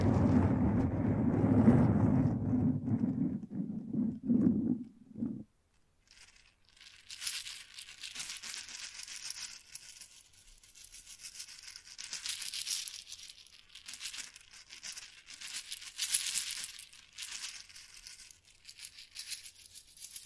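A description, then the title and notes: Mic brushing and scratching: the first five seconds carry a loud, low rubbing rumble that stops abruptly. After a brief pause, a thinner, bright scratching takes over, crackly and uneven, swelling and fading in short bursts through to the end. Mic Brushing and Scratching.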